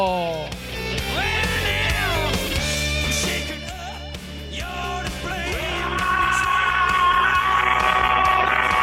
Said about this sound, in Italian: Io comincerei con un urlo. Comincerei con un urlo anche stasera. Con un urlo feroce. Urlo.